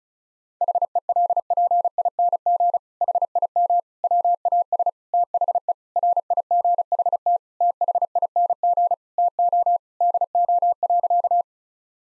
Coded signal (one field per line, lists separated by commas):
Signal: Morse code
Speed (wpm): 36 wpm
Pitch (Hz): 700 Hz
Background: none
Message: HELPING HIM WAS THE RIGHT THING TO DO.